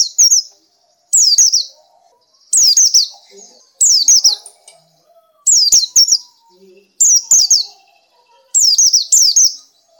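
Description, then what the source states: Nightingale song: short bright phrases of quick descending whistled sweeps, repeated about every one to one and a half seconds with brief silent gaps between. Masteran (tutor) recording used to train pet birds to sing.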